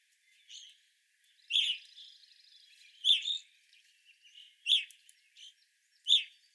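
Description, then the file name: Evening grosbeak calls, several loud shrill chirps at irregular intervals, with a buzzy note and softer chatter between. Evening grosbeaks, 25 April 2021. "2021-04-25 Evening Grosbeaks"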